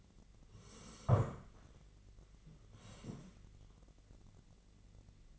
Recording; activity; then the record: daily activity, microphone in the room; sit down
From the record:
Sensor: 4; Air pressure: 1013.1 hPa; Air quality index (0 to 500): 172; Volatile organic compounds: 2 ppm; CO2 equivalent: 1093 ppm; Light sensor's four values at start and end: 53/130/55/59 and 52/129/55/59